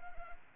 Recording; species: mosquito wingbeat signal from an infrared sensor; Anopheles arabiensis